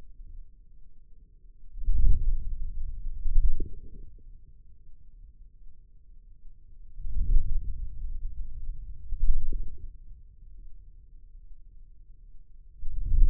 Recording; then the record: forearm muscle sounds (acoustic myography)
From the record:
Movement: wrist flexion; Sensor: system 2, bracelet of six BSWA MPA416 microphones around the upper forearm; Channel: 4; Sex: male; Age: 22 years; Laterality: right